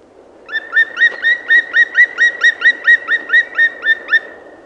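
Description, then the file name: Black woodpecker: a fast, evenly paced series of ringing notes, each rising slightly, over faint background hiss. "PALOKARKI"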